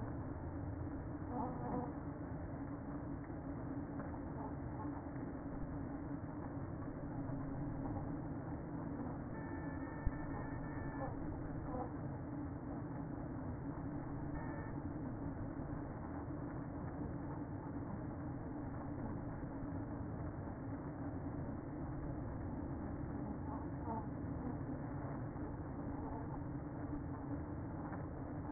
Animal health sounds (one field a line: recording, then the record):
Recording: honeybee colony, microphone inside the hive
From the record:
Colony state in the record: queen present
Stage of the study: after two queens were removed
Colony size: about 60,000 bees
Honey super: yes